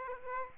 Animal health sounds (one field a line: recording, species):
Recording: mosquito wingbeat signal from an infrared sensor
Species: Aedes aegypti